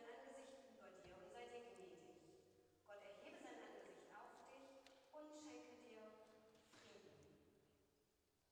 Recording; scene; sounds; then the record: everyday scene through a hearing-aid microphone; reverberant space; speech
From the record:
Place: church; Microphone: in the ear canal, right